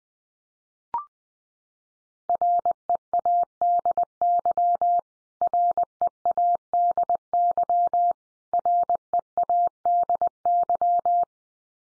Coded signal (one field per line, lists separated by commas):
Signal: Morse code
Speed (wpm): 20 wpm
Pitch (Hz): 700 Hz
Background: none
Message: READY READY READY